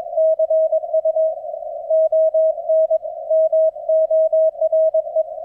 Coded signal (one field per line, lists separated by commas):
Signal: Morse code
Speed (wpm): 22 wpm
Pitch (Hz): 640 Hz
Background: none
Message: CU ON MORE